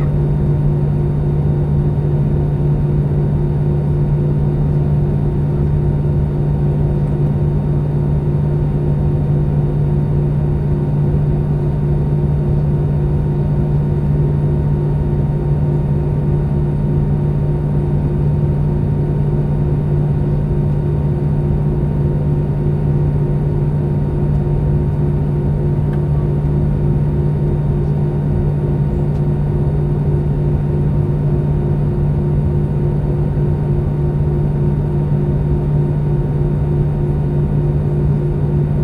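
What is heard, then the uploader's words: A takeoff at SJC heard as a steady, unbroken low roar with a strong deep hum and a fainter whine above it. The sound holds almost perfectly level for the whole stretch, with no clear rise or separate events. Takeoff At SJC.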